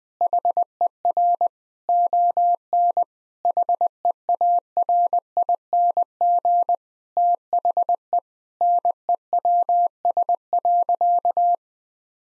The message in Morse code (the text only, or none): HER ON HEARING THE NEWS.